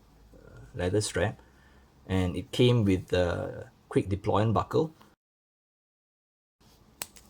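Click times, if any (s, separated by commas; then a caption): 7.0 s. Someone talks, then a metal quick-deployment buckle on the leather strap of a Seiko Presage Cocktail Time Sakura Fubuki SRPC03 (SARY089) watch is closed. A sharp click at 7.0 s, with a softer one just after, marks the clasp locking shut in place.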